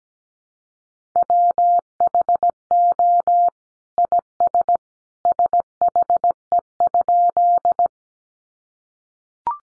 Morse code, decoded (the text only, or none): WHO IS SHE?